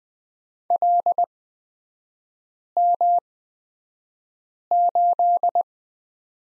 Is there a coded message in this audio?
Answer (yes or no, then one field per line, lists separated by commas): yes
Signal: Morse code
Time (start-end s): 0.7-5.6 s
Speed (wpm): 20 wpm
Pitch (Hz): 700 Hz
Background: none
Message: LM8